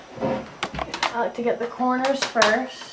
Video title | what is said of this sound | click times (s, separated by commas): Laptop screen replacement / How to replace laptop screen HP Pavillion G6 | and clamp it shut and you'll hear those snapping sounds again i | 0.6 s, 1.0 s